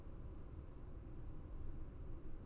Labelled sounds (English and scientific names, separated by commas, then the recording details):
none
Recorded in Germany
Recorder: ecoPi